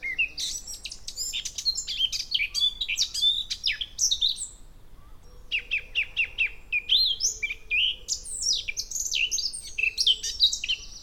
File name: Sylvia atricapilla